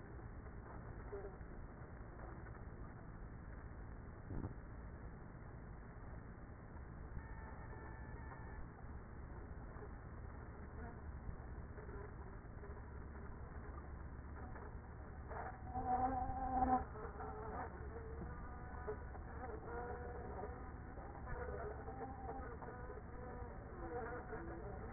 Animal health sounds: honeybee colony, microphone inside the hive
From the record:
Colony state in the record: queenless with a low population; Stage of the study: after two queens were removed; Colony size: about 30,000 bees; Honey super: no

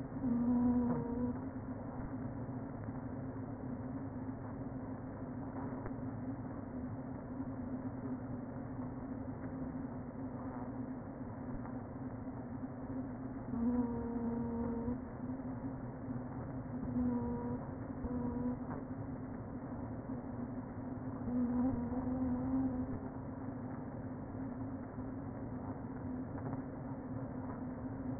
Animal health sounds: honeybee colony, microphone inside the hive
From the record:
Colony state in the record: queen present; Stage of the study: before two queens were removed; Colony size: about 60,000 bees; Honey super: yes

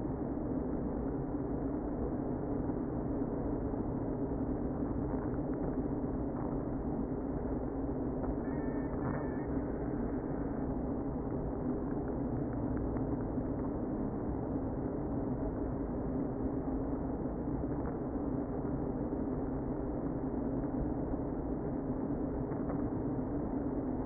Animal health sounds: honeybee colony, microphone inside the hive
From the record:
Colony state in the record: queen present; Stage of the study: before two queens were removed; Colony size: about 60,000 bees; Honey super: yes

